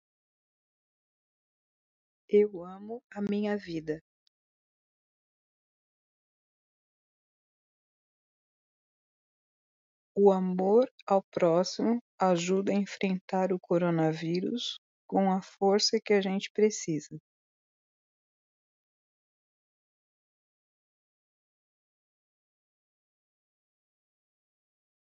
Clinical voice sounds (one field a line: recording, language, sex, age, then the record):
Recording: spoken sentence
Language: Brazilian Portuguese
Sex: female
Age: 40 to 49 years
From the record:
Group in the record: control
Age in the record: 49 years